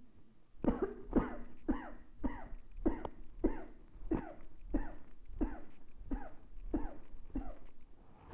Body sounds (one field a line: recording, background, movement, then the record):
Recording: voluntary coughing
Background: quiet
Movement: sitting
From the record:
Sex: female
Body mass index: 36.4 kg/m2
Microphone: on the chest, facing the body